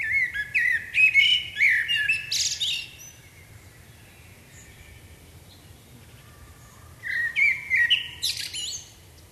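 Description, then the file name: Common blackbird song: a warbled phrase of mellow notes ending in bright high twitters, a long pause, then another phrase starts. "Turdus merula"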